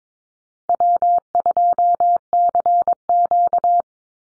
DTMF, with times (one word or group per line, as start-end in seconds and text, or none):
none